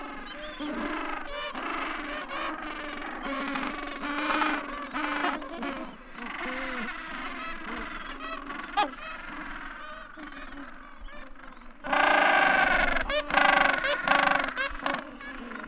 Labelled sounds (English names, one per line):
Gentoo Penguin call